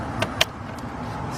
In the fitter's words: now we got our harness up under here over here snap